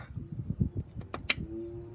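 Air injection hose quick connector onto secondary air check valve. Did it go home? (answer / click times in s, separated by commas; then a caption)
yes / 1.1 s, 1.3 s. On a 2002 VW Cabrio, the secondary air injection hose quick connector is pressed down onto the secondary air check valve, with a hand underneath for support, over soft low thumps and rustling. Two sharp clicks at 1.1 s and 1.3 s mark the clip snapping locked, followed by a steady low hum. The connector is seated and locked.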